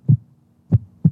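Low, dull thumps heard through a stethoscope held to an adult's chest: normal heart sounds made by the opening and closing of the cardiac valves.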